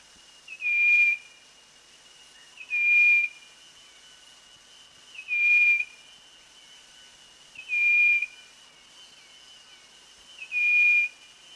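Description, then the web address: Striped wren-babbler calling: five clear, flat whistles, each short and evenly pitched, spaced roughly two and a half seconds apart, with a thin continuous insect tone behind. Recorded at Danum, Borneo, on 1 March 2008. "DANUM 20080301 striped wren-babbler"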